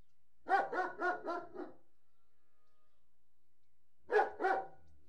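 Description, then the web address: German Shepherd giving deep, rough barks, five in a quick burst, then silence for roughly two seconds before a final pair of barks. Large Alsatian barking indoors. "BBC Sound Effects Library. Large Alsatian - Barking"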